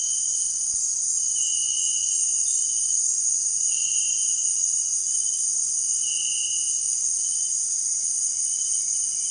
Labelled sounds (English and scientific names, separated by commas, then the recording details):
none
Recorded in dense forest near Puerto Asís, Putumayo, Colombia, on 23 June 2025 at 18:00
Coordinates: 0.466, -76.327
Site GP04